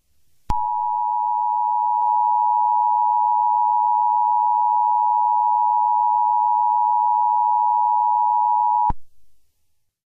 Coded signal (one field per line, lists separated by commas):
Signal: Emergency Alert System (SAME) tones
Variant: 853 and 960 Hz attention tone